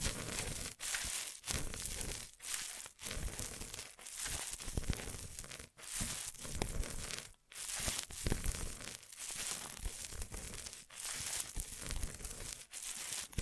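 Ear massage triggers: dense, bright crinkling and rustling rubs in bursts, with brief silent breaks roughly every second or two.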